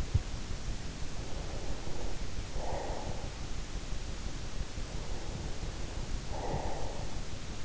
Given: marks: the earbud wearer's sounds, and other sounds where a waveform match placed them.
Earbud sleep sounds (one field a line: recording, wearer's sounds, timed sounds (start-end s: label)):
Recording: sounds in sleep by an in-ear microphone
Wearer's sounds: breath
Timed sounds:
1.01-3.62 s: breath
4.90-7.64 s: breath